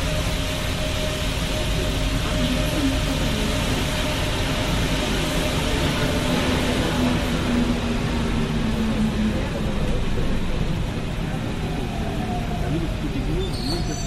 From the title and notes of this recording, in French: Métro parisien.